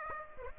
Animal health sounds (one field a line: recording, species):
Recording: mosquito wingbeat signal from an infrared sensor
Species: Aedes aegypti